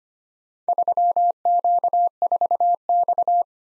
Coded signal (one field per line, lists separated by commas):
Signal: Morse code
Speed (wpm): 25 wpm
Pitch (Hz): 700 Hz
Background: none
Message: 3Q4X